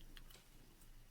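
A polarized lens is pressed back into a sunglasses frame and pops into place with a sharp click at 0.2 seconds, seating the lens. A fainter tick comes at the very start, and quieter ticks follow over low background noise. No one talks.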